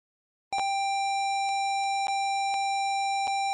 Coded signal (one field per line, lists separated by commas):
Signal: ZX Spectrum tape loading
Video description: this video shows the tape loading and execution the Jetpac game in MSX